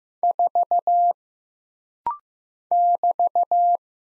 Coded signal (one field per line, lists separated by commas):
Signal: Morse code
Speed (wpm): 15 wpm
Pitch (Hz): 700 Hz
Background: none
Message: 4 <BT>